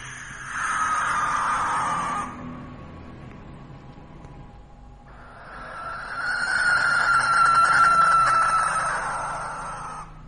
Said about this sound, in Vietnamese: Nó có đứng ở ngoài sân mà cất lên tiếng kêu. Lúc thì nó kêu ken két, giống như là tiếng con chim lợn. Có lúc thì nó lại kêu những tiếng man dợ, ghê rợn cả người.